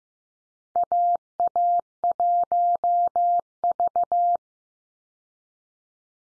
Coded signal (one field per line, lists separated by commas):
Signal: Morse code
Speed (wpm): 15 wpm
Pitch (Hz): 700 Hz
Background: none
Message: AA1V